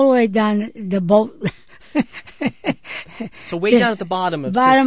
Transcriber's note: she laughs